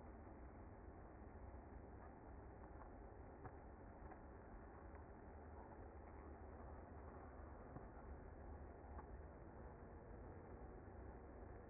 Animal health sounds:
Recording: honeybee colony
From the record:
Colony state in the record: active

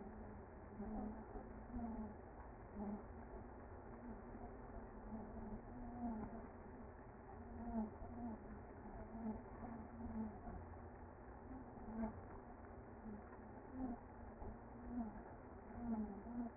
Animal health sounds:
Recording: honeybee colony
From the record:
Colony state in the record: active

